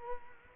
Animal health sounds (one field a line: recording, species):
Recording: mosquito wingbeat signal from an infrared sensor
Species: Culex quinquefasciatus